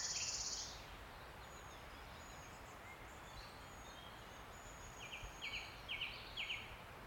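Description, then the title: Wood warbler song, a brief high shivering trill at the start, followed by quieter notes from other birds and a short series of clipped mid-pitched calls near the end. Male singing from the canopy of an ancient oak wood in a steep-sided wooded valley, South Wales, in May after rain had stopped. "Sound Escape 16: listen to the cascade of wood warbler song in an ancient oak wood"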